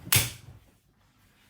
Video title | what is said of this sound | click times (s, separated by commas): CCR Build-up and reviews - JJ-CCR | sort of push down you're gonna hear a click as the button drops into the hole and then pops back out again so | 0.1 s